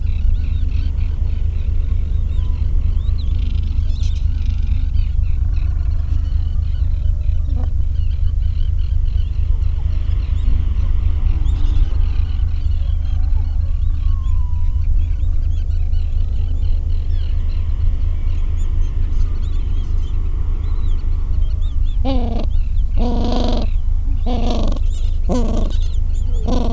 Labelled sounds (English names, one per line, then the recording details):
Gentoo Penguin
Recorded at the colony at Whistle Cove, on 23 December 2014
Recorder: Song Meter SM2+